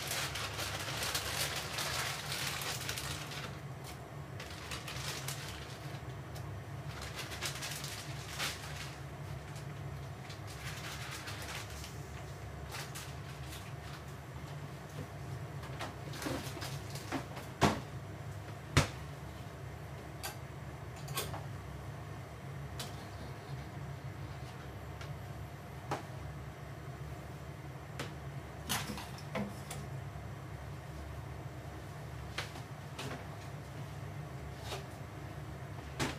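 Cooking sounds over a steady low hum. Bursts of bright hissing, like sizzling or running water, come and go in the first eleven seconds. After that it turns quieter, with sharp clicks and knocks around 17, 19 and 29 seconds.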